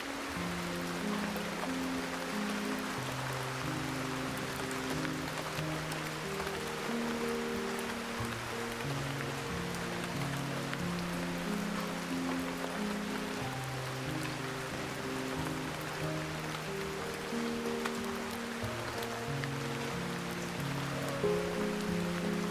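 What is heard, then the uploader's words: Steady rain falls throughout, a dense, even hiss of drops with no pauses or swells. Underneath, soft sustained music plays slow, low tones that change every second or two, overlapping into a gentle, continuous backdrop beneath the rain. The therapeutic sound of rain and calming music.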